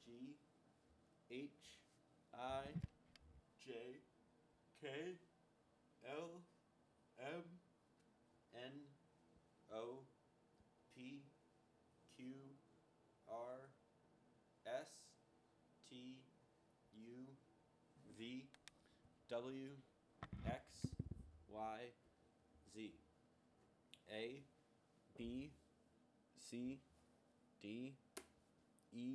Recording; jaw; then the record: letters of the alphabet, spoken; free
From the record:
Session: seven days later